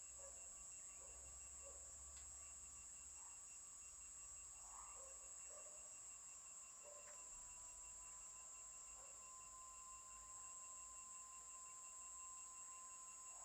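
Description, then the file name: Cicada chorus holding a constant high-pitched hum, with a faint pulsed tone and scattered soft chirps over a quiet low background. Chorus heard far off at the end of a street at nightfall. "Coro de cigarras longe final da rua inicio da noite grilos, sapos, cachorro"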